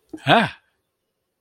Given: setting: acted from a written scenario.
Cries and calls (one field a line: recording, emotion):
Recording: vocal sound without words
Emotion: negative surprise